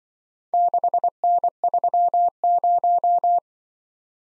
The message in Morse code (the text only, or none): 6N30